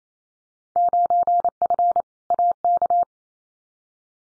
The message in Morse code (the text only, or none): 9F AK